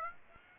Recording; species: mosquito wingbeat signal from an infrared sensor; Aedes aegypti